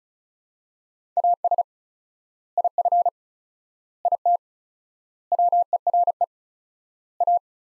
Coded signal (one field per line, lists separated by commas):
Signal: Morse code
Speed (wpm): 34 wpm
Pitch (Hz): 700 Hz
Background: none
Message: AS IF IT WERE A